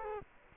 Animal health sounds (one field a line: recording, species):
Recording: mosquito wingbeat signal from an infrared sensor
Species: Culex quinquefasciatus